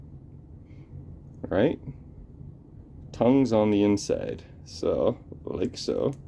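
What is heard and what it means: A plastic connector housing, tongues facing inward, is handled for pressing into the board harness connector during a CPU-to-driver harness upgrade on a 1985 Gottlieb Ice Fever pinball machine. Someone talks over faint handling noise. Nothing has seated or clicked yet.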